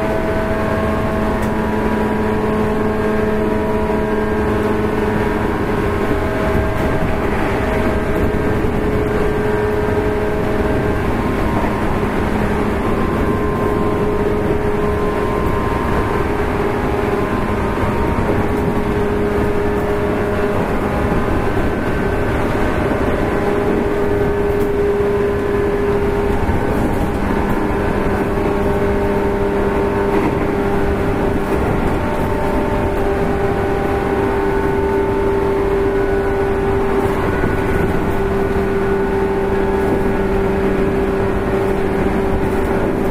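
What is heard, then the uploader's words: A 415 series local train runs steadily, its low rumble constant and dense throughout. Over the rumble, a pitched motor whine holds and slowly shifts, fading and returning, with fainter tones above it and no distinct events or pauses. It is a running sound of the 415 series train of the Kyushu Railway Company. I recorded on a local train on the Nagasaki line. The section is from Saga to Tosu.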